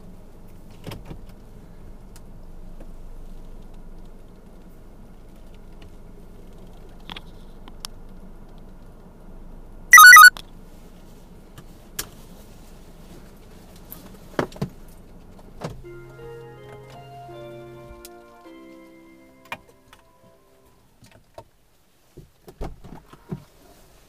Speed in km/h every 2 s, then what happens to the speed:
0, 0, 0, 0, 0, 0, 0, 0, 0, 0, 0, 0.
0-24 standing.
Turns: none.